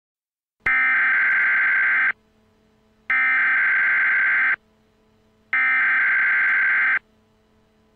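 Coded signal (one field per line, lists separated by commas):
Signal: Emergency Alert System (SAME) tones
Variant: header bursts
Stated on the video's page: Fictional EAS scenario; content is entirely made up, not a real alert.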